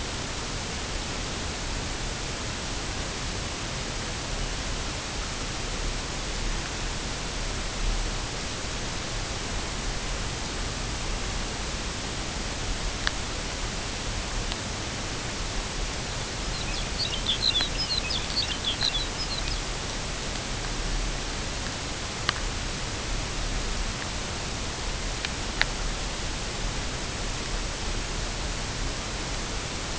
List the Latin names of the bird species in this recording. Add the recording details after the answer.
Calcarius lapponicus. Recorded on Arctic tundra, site UTQI-5, on 21 June 2018. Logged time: 14:00